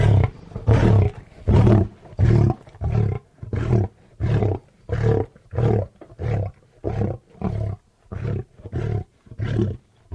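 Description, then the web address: Lion roaring, a long series of deep grunting roars repeated steadily with short quiet gaps between. "big cats|lions"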